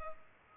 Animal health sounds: mosquito wingbeat signal from an infrared sensor; Culex pipiens

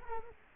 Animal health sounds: mosquito wingbeat signal from an infrared sensor; Culex quinquefasciatus

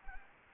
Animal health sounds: mosquito wingbeat signal from an infrared sensor; Anopheles gambiae

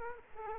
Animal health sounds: mosquito wingbeat signal from an infrared sensor; Culex quinquefasciatus

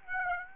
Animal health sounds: mosquito wingbeat signal from an infrared sensor; Aedes aegypti

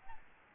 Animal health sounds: mosquito wingbeat signal from an infrared sensor; Aedes albopictus

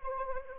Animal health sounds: mosquito wingbeat signal from an infrared sensor; Anopheles arabiensis

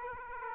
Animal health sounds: mosquito wingbeat signal from an infrared sensor; Aedes aegypti

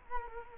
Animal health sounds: mosquito wingbeat signal from an infrared sensor; Culex quinquefasciatus

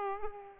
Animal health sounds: mosquito wingbeat signal from an infrared sensor; Culex pipiens

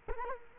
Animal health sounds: mosquito wingbeat signal from an infrared sensor; Culex quinquefasciatus

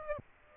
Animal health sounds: mosquito wingbeat signal from an infrared sensor; Aedes aegypti

